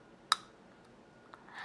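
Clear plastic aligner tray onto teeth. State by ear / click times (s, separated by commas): seated / 0.3 s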